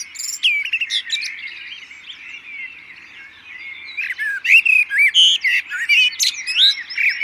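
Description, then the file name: Common blackbird calling: fluty, warbled phrases that rise and fall, broken by high squeaky twitters, with other small birds chirping throughout. "Turdus merula"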